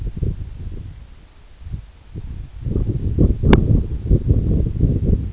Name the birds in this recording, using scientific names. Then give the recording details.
none. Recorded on Arctic tundra, site EABA-1, on 26 June 2018. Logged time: 08:00